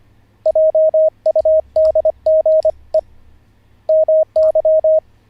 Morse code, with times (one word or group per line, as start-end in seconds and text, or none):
0.5-3.0 JUDGE
3.9-5.0 MY